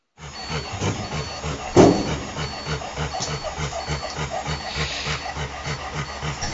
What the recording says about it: That's a breathing sound called stridor. It's a sort of a grating noise, a harsh noise that you can hear with changes in flows of air through the upper airway, larynx, trachea, bronchi. It was laryngeal paralysis.